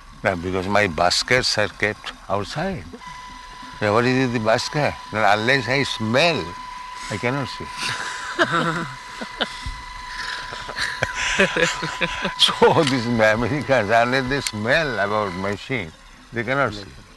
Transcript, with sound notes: "Now, because my baskets are kept outside." "What is in the basket?" "No, unless I smell, I cannot sleep." [laughter] So these Americans, unless they smell about machine, they cannot sleep.